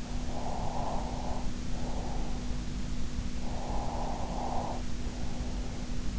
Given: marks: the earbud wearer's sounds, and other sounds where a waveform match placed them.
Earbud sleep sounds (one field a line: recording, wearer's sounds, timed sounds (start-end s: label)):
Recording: sounds in sleep by an in-ear microphone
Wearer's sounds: breath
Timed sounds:
0.30-2.45 s: breath
3.42-5.68 s: breath